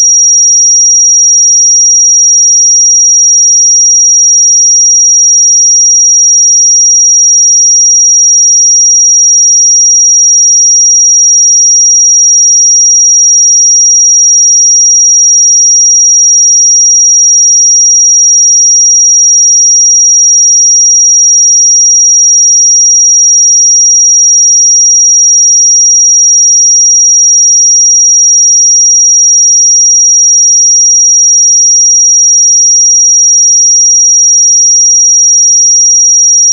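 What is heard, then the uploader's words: A pure 5693 Hz sine tone holds perfectly steady and high-pitched for the whole clip, unchanging in level, with nothing else audible. 5693 Hz 1 Hz Interval Sine Pure Tone Frequency 441000 Sample Mono.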